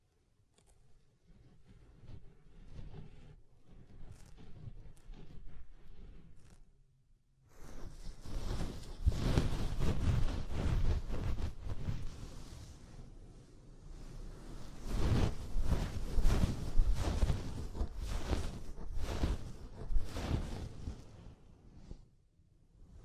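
Soft, fluffy rubbing against the ear, made of dense rustling strokes. A quieter, sparser stretch opens, then a brief silence near seven seconds before louder, fuller brushing returns in two long waves, easing off around fourteen seconds and fading near the end.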